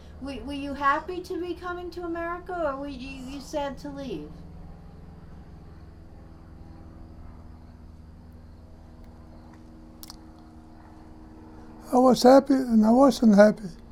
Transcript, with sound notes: Were you happy to be coming to America or were you sad to leave?
( pause ) I was happy and I wasn't happy.